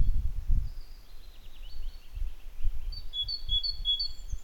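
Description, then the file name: Great tit song: a short run of ringing two-note phrases near the end, after a wavering warble, over low rumbling noise. "Parus major"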